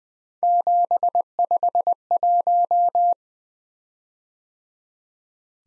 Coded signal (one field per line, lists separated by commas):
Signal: Morse code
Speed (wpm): 20 wpm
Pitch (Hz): 700 Hz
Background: none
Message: 751